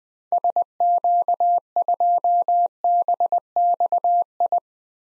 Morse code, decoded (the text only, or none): SQ2BXI